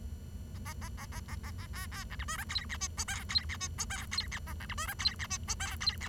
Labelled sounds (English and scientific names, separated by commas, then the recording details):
Bengalese Finch (Lonchura striata domestica) song
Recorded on 23 June 2012 at 09:21
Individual gr41rd51